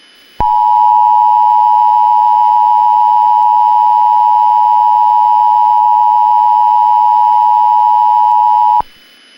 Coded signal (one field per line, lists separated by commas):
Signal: Emergency Alert System (SAME) tones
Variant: 853 and 960 Hz attention tone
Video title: Climate Change: An EAS Scenario (Part One)